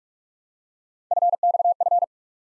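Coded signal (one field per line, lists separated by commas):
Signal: Morse code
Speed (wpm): 44 wpm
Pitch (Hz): 700 Hz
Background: none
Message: FXF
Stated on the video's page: Morse practice of random three-character letter-number groups at 45 wpm, each group sent, spoken, then sent again, for head-copy.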